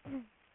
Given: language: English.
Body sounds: throat vibration sensor signal played as sound; throat clearing

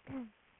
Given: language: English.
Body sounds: throat vibration sensor signal played as sound; throat clearing

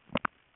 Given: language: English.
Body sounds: throat vibration sensor signal played as sound; swallow

